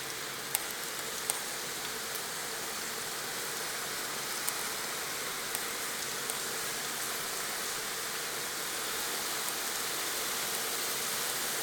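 Steady rain falls throughout, a dense, even hiss concentrated in the upper range with little low rumble. Faint sharp ticks of drops striking something stand out briefly, near the start and again around four to six seconds.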